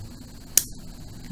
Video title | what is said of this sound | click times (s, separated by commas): PT111 G2/G2C/G2S Trigger Replacement (Disassembly+Reassembly) | in well that little spring is down snap | 0.6 s